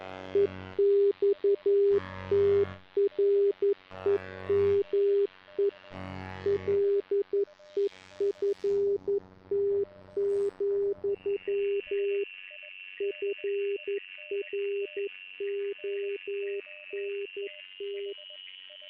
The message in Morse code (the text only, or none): EXTREME LEFT, FRONT